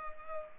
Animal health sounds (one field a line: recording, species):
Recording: mosquito wingbeat signal from an infrared sensor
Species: Culex pipiens